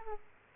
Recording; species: mosquito wingbeat signal from an infrared sensor; Aedes aegypti